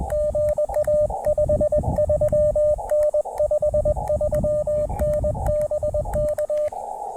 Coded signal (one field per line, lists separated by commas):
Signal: Morse code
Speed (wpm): 21 wpm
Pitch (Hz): 600 Hz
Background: radio noise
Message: GA 53N 53N BK